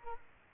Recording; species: mosquito wingbeat signal from an infrared sensor; Aedes aegypti